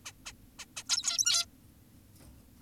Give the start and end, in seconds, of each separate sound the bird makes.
0.06-0.12, 0.26-0.32, 0.59-0.66, 0.77-0.84, 0.89-1.46